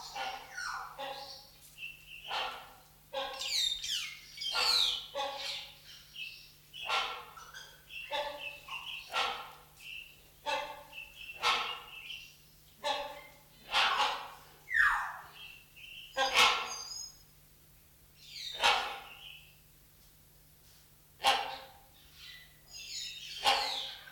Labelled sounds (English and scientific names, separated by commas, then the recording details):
Great Hornbill (Buceros bicornis)
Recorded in captivity
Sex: pair
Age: adult
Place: Zoo Berlin, Berlin, DE
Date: 1994-01-15 12:05
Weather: wechselnd wolkig, +5°C
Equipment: Marantz CP 430, Sennheiser MKH 416 T, Kopie Uher Variocord 263
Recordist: Tembrock, Günter
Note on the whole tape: Paar-Rufreihen, zeitweise Männchen allein